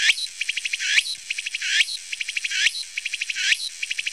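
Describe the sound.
Cicada calling in a steady cycle, a harsh rising buzz followed by a rapid series of clicking pulses, repeated roughly every 0.8 seconds.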